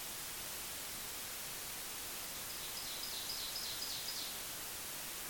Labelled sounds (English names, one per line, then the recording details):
Ovenbird song
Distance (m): 45 m
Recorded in boreal forest in Alberta, Canada, on 25 June 2016 at 06:31
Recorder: SongMeter 3, array SBT-6-76
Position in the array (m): 37 m, 102 m
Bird 2